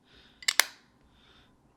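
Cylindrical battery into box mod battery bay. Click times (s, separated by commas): 0.5 s, 0.6 s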